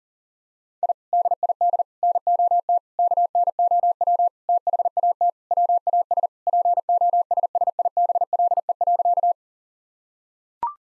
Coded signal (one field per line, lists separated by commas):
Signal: Morse code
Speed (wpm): 37 wpm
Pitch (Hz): 700 Hz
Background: none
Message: I DID NOT KNOW THAT WAS POSSIBLE.